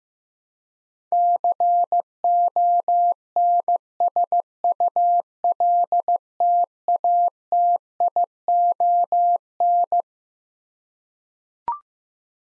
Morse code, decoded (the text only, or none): CONSULTATION